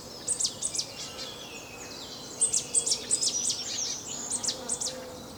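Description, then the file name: Marsh tit giving rapid high, sharp call notes in three bursts, mixed with a buzzy, slurred chatter; faint low hum underneath. "Poecile palustris"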